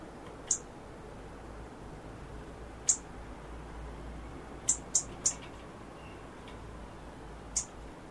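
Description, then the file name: European robin calling with sharp, very high tick notes, singly and in a quick triple, spaced irregularly over steady background hiss. "Erithacus rubecula"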